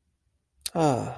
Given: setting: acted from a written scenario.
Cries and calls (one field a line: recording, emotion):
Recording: vocal sound without words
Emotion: serenity